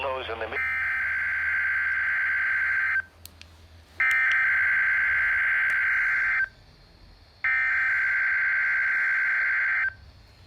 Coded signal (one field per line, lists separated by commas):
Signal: Emergency Alert System (SAME) tones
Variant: header bursts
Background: speech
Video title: RWT EAS 128